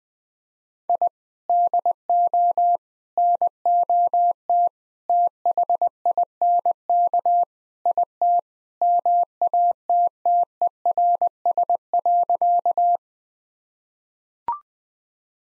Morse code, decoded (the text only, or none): I DO NOT THINK IT MATTERS.